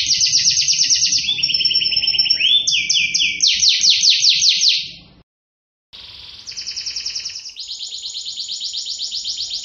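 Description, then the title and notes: Atlantic canary song of fast, rolling trills and whistled notes, pausing in a short silence before resuming with higher buzzy trills. Canary song presented as master (tutor) song, termed 'masteran' in Indonesian, for birds to learn from. "Suara Burung Kenari Masteran. master suara burung kenari"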